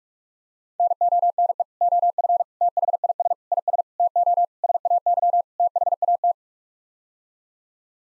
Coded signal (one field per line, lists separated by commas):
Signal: Morse code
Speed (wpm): 44 wpm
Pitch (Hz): 700 Hz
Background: none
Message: NONE OF THIS IS TO SAY THAT